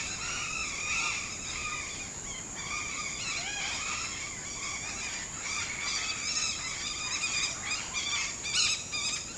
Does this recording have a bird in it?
yes